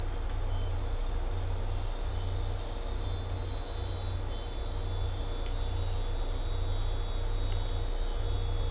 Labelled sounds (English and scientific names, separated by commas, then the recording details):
none
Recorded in dense forest near Puerto Asís, Putumayo, Colombia, on 15 December 2024 at 21:30
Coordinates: 0.503, -76.323
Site G043